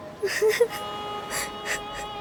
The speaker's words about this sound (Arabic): كفى بكاء، وإلا سأبكي معكما.